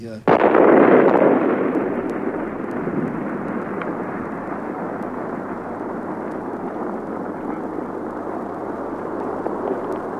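impact, atomic bomb test explosion

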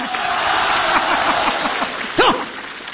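crowd, audience applause

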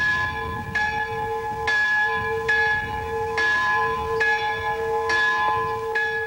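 signal or alarm, church bells ringing

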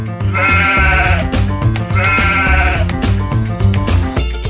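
animal, goat bleating

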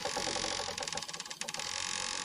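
household object, old door creaking open

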